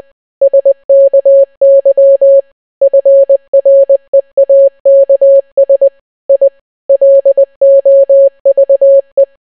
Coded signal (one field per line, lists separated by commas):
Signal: Morse code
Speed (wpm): 20 wpm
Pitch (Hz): 550 Hz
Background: none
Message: SKY FREAKS I LOVE